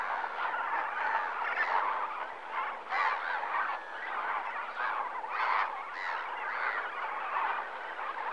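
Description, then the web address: Flamingos honking in a crowded chorus, harsh nasal notes overlapping constantly, with several sharper, higher calls standing out above the gabble. Flamingos in the morning at Lake Nakuru, Kenya, Africa. "The BBC Sound Effects Library. Flamingoes, morning Lake Nakuru"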